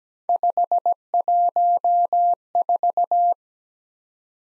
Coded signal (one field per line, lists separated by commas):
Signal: Morse code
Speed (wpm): 20 wpm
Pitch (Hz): 700 Hz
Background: none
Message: 514